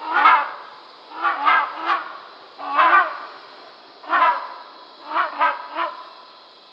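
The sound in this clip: Rhinoceros hornbill uttering loud, rasping honks, some single and some in quick doubles or triples, several calls with short pauses between them.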